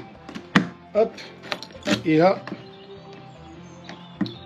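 The lid of a GIVI Trekker Outback 58L plastic top case, mounted on a 2012 BMW R1200 GSA DOHC, is pushed closed onto the case body while someone talks. A single sharp impact at 0.6 s marks the lid shutting home, followed by a few fainter taps near the end. The lid is seated.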